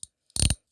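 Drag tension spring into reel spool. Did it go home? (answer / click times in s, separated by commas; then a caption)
yes / 0.4 s. A metal drag tension spring is wiggled into the spool of a Mitchell 300C / Mitchell 300-style fishing reel until it snaps in. A faint tick near the start and a tiny one around 0.3 s lead into a loud, bright metallic snap with a short rattling tail, peaking at 0.4 s and fading by about 0.6 s. The spring is seated in the spool with an audible click at 0.4 s.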